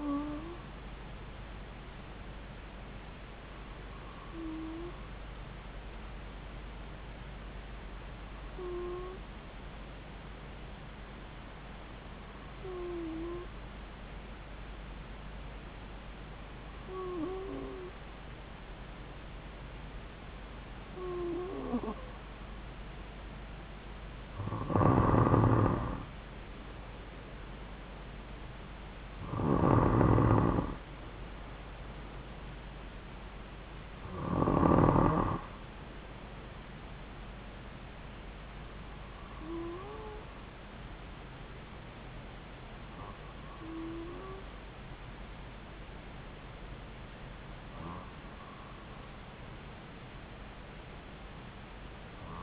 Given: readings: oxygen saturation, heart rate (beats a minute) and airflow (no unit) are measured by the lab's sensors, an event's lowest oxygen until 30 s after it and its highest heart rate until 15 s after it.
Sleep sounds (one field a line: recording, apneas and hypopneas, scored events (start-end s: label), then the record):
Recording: breathing in sleep by a voice recorder at the bedside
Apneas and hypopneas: 1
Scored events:
8.00-28.70 s: hypopnea (N2, oxygen 95% highest, then 92% lowest)
From the record:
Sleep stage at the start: N2 (light sleep)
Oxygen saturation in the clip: 92 to 95%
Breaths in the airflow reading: 12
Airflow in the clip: -3.5 to 3.4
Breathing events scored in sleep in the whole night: 270 in 6.1 hours asleep